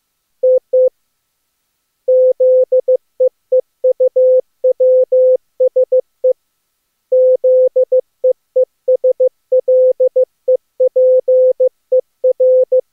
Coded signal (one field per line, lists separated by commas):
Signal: Morse code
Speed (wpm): 26 wpm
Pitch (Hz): 510 Hz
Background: none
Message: TT ZEEUWSE ZEESLEPER